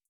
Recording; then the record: hydrophone in a shrimp aquaculture tank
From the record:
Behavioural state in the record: starved